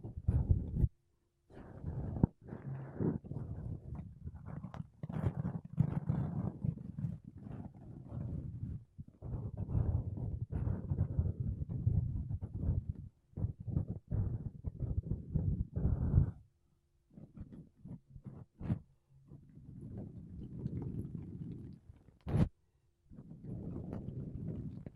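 Makeup brushes and a sponge rub and brush over a microphone in dense, low, rumbling bursts, broken by short pauses and occasional sharp taps.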